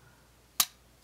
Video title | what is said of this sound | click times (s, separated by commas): Lamborghini game | and it click into place | 0.6 s